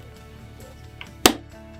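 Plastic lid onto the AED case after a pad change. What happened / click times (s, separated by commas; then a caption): The plastic lid snapped shut / 1.3 s. A plastic lid is closed over the pads compartment of a ZOLL AED Plus case after a pad change, with the cables tucked in. A faint tick comes at 1.0 s, then the lid snaps shut with one loud, sharp hit at 1.3 s, seating it.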